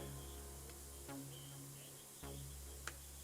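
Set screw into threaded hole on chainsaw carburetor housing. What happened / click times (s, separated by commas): The small screw dropped into the start of its thread with a click / 2.9 s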